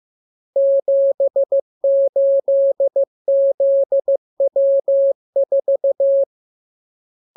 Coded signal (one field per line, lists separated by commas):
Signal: Morse code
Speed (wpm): 15 wpm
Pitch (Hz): 550 Hz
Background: none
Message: 78ZW4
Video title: Learning Morse Code. Lesson 33. Letter KMURESNAPTLWI.JZ=FOY,VG5/Q92H38B?4